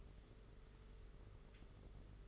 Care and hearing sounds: daily activity, microphone in the room; take from stove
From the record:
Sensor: 4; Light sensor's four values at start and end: 21/75/27/29 and 21/75/27/29

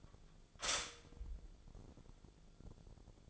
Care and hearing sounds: daily activity, microphone in the room; stop toaster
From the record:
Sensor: 5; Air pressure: 1000.3 hPa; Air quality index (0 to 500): 126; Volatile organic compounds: 2 ppm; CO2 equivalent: 997 ppm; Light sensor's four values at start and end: 83/194/83/90 and 83/194/83/90

